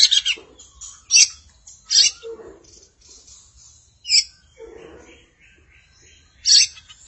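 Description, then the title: Magpie-robin or shama calls: harsh, scratchy bursts repeated at irregular intervals, mixed with softer lower chattering notes. "Suara Burung Murai"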